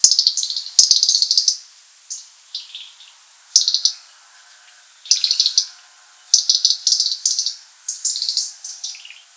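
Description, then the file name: European robin singing bursts of high, sparkling, jumbled notes. Some phrases run longer and some are brief, with short gaps between them and a few lower trailing notes. "rotkehlchen"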